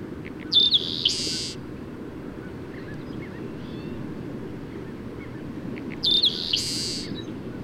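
Bird song: two short phrases about five seconds apart, each a high thin whistle running into a harsh buzzy burst, over a steady low rumble.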